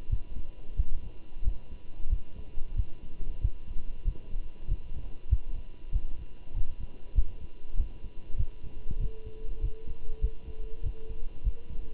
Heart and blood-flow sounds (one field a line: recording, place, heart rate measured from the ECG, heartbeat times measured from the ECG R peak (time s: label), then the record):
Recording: heart sounds by stethoscope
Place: between the tricuspid and mitral areas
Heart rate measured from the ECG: 95 bpm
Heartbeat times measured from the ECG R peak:
0.10 s: heartbeat
0.77 s: heartbeat
1.45 s: heartbeat
2.10 s: heartbeat
2.77 s: heartbeat
3.42 s: heartbeat
4.05 s: heartbeat
4.68 s: heartbeat
5.30 s: heartbeat
5.93 s: heartbeat
6.55 s: heartbeat
7.16 s: heartbeat
7.78 s: heartbeat
8.38 s: heartbeat
9.00 s: heartbeat
9.62 s: heartbeat
10.22 s: heartbeat
10.84 s: heartbeat
11.45 s: heartbeat
From the record:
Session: walking at 3.7 km/h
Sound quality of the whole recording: good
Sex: male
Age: 23 years